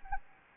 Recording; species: mosquito wingbeat signal from an infrared sensor; Anopheles gambiae